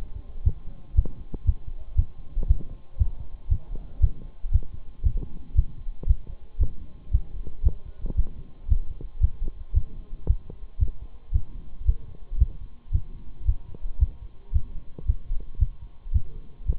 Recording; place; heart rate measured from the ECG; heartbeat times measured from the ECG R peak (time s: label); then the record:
heart sounds by stethoscope; between the tricuspid and mitral areas; 115 bpm
0.46 s: heartbeat
0.97 s: heartbeat
1.47 s: heartbeat
1.98 s: heartbeat
2.49 s: heartbeat
3.00 s: heartbeat
3.51 s: heartbeat
4.02 s: heartbeat
4.54 s: heartbeat
5.05 s: heartbeat
5.57 s: heartbeat
6.09 s: heartbeat
6.61 s: heartbeat
7.13 s: heartbeat
7.65 s: heartbeat
8.18 s: heartbeat
8.70 s: heartbeat
9.23 s: heartbeat
9.76 s: heartbeat
10.28 s: heartbeat
10.81 s: heartbeat
11.34 s: heartbeat
11.87 s: heartbeat
12.40 s: heartbeat
12.94 s: heartbeat
13.47 s: heartbeat
14.01 s: heartbeat
14.54 s: heartbeat
15.08 s: heartbeat
15.61 s: heartbeat
16.14 s: heartbeat
16.68 s: heartbeat
From the record:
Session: Bruce protocol treadmill stress test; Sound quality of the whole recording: partially saturated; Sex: male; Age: 23 years